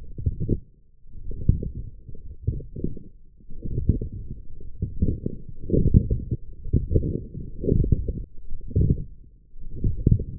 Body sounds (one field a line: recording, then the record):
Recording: forearm muscle sounds (acoustic myography)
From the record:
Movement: forearm pronation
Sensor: system 1, eight BSWA MPA416 microphones around the upper forearm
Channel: 7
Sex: male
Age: 20 years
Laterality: left